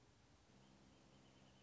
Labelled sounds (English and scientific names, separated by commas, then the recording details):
Wrentit (Chamaea fasciata)
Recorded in Sonoma County, California